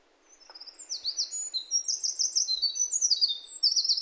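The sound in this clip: Bird song of high, thin, rapidly varied notes with sweeping slurs and quick trills, building after a quiet start and running on without pause.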